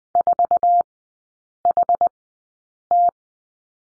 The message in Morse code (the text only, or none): 4HT